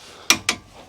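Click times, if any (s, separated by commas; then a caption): 0.3 s, 0.5 s. A click-type torque wrench set to 101 ft-lb tightens a caliper bracket bolt on the front brake of a 2006–2015 first-generation Honda Ridgeline truck. Two sharp mechanical clicks ring out at 0.3 s and 0.5 s over a quiet background, confirming the bolt has reached its set torque.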